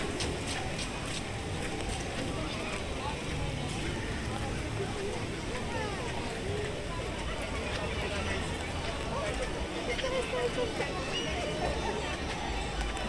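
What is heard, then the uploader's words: A walk through a busy theme park, filled with a steady, dense murmur of crowd chatter from many voices at once. The level stays even throughout, with a low rumble underneath and occasional brighter voices or calls rising briefly above the din. Take a walk through Animal Kingdom park in Walt Disney World. Get ready to hear all the sounds from Pandora, Africa, Asia, Dinoland and the Island of Discovery as we walk through this amazing, lush park.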